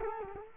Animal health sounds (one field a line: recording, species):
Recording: mosquito wingbeat signal from an infrared sensor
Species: Culex quinquefasciatus